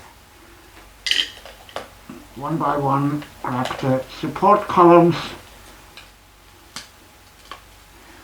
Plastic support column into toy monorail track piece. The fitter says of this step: So these snap into place rather easily, and